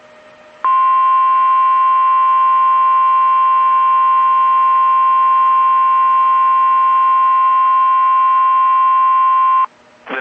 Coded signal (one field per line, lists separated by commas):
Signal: Emergency Alert System (SAME) tones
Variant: 1050 Hz attention tone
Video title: OUN Double Header (SVR And A 40 Minute Old TOR?) EAS #621-622